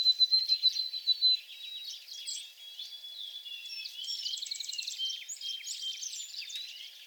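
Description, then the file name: White-throated sparrow giving quick repeated high whistled notes at the start, followed by a busy mix of other birds' trills and chirps. 28 April 2022, in the back shrubs. "2022-04-28 White-throated Sparrow in back shrubs"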